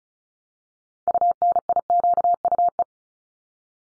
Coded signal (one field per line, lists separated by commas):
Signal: Morse code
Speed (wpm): 36 wpm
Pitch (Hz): 700 Hz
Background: none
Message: UNIQUE